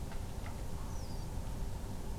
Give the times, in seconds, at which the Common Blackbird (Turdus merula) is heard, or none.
0.90-1.24